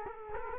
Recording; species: mosquito wingbeat signal from an infrared sensor; Culex quinquefasciatus